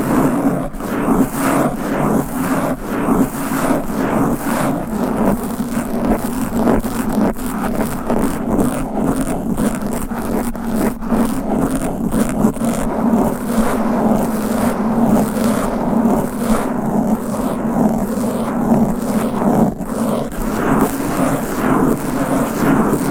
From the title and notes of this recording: ASMR Fast & Aggressive Mic Scratching - Brain Scratching 10 DIFFERENT MICS No Talking for Sleep.